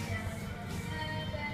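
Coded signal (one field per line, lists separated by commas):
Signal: none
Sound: elevator arrival chime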